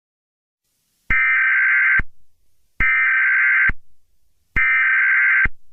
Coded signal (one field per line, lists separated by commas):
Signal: Emergency Alert System (SAME) tones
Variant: header bursts